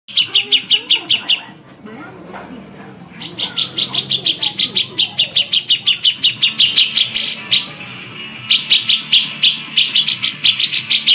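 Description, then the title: Magpie-robin: fast runs of sharp, ringing chips broken by a quieter pause with a thin high whistle, then the rapid chipping resumes. "Kicau Kacer"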